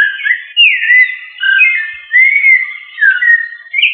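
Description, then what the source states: Thrush song of rich whistled notes, with rising and falling slurs following one another in a short continuous phrase, and no other sounds heard. Family Turdidae, locally called sabiá.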